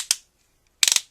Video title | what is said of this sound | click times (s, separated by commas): RED DOT VIDEO | you hear that clicking sound it means you cannot tighten it or overtighten it anymore | 0.1 s, 0.8 s, 0.9 s, 1.0 s